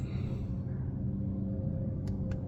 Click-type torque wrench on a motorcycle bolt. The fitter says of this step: There's the click.